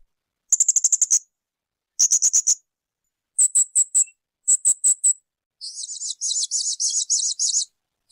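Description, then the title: Spiderhunter song: shrill rapid note bursts, some clipped and separate, followed by a longer buzzy rasping series. Continuous, clear, long-running song (gacor); intended as a tutor recording for birds. "Pijantung Gunung Gacor Jernih Panjang"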